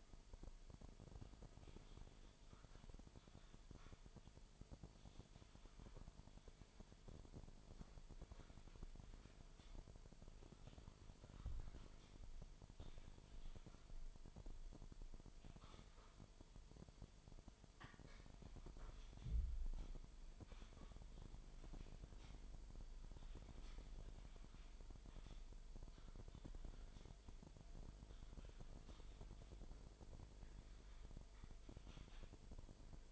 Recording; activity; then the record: daily activity, microphone in the room; typing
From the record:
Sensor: 5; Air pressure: 1002.1 hPa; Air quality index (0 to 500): 228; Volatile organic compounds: 30 ppm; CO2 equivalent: 2960 ppm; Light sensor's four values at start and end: 10/24/10/11 and 10/24/10/11